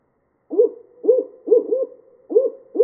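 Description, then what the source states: Barred owl hooting steadily, a series of short, rounded low hoots, one in a quick pair, with silence between. Recorded 17 August 2013.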